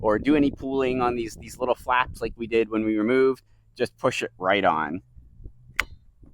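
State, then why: Seated. Someone talks while a plastic cover is pushed back by hand onto the rear wiper arm pivot of a 2021 Mazda CX-5, during a Bosch Aero Twin wiper replacement. A sharp snap at 5.8 s marks the cover seating on the pivot.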